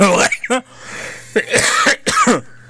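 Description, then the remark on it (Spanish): A run of heavy, harsh coughs comes in about four loud bursts with short gaps between them, each one raspy and partly voiced, the last two hacking out close together. “Discúlpeme porque ando con una tosesota de perro.”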